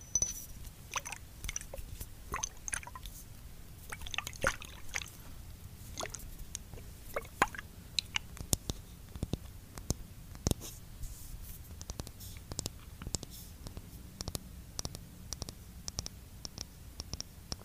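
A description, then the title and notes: Quick, irregular taps and soft wet clicks on a skincare product, crisp, scattered densely throughout over a low, quiet hum. Asmr skincare product tapping. Blue yeti microphone.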